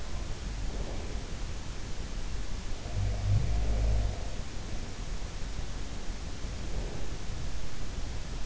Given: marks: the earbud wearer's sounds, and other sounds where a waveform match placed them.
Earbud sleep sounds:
sounds in sleep by an in-ear microphone; breath
0.24-1.40 s: breath
2.60-4.37 s: sound from someone else or the room
5.96-7.41 s: breath

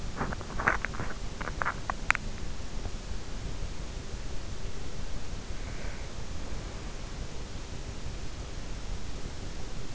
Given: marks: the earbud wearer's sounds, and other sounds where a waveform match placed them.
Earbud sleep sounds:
sounds in sleep by an in-ear microphone; teeth grinding
0.00-3.09 s: teeth grinding

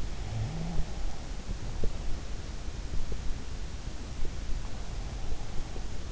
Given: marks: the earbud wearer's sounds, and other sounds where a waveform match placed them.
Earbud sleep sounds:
sounds in sleep by an in-ear microphone; snoring breath
0.24-0.91 s: snoring breath

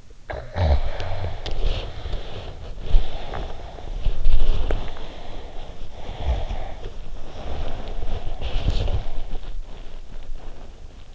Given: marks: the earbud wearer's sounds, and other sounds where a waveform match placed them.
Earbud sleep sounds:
sounds in sleep by an in-ear microphone; snoring breath, body movement, breath
0.18-3.75 s: snoring breath
0.80-11.15 s: body movement
4.28-7.09 s: snoring breath
7.32-9.46 s: breath

